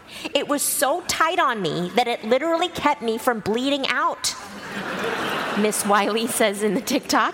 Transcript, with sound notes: It was so tight on me that it literally kept me from bleeding out...
(LAUGHTER)
...Miss Wiley says in the TikTok.